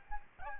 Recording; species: mosquito wingbeat signal from an infrared sensor; Aedes albopictus